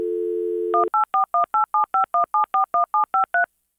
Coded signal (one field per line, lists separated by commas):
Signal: DTMF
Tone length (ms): 130 ms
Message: 18418751741753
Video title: Modem Dialing NO copyright ...sound effect LNC